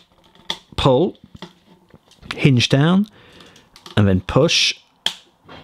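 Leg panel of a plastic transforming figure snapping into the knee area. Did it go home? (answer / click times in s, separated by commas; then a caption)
yes / 5.1 s. Someone talks while the leg section of a plastic Transformers Legacy Cybertron Override transforming action figure is hinged down and pushed, with a few faint handling ticks along the way. At 5.1 s a sharp, loud snap is heard as the leg panel seats back into place near the knee.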